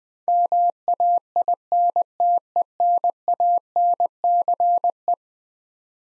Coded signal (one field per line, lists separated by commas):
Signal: Morse code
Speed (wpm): 21 wpm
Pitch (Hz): 700 Hz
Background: none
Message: MAINTENANCE